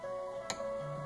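A click-type torque wrench set to 20 lb-ft tightens a hub stud nut threaded into a Keensert insert in the aluminium rear A-arm of a Triumph TR6, as part of a test of the hub Keensert. Over a steady background hum, a single sharp, faint click is heard at 0.5 s. The 20 lb-ft setting is reached.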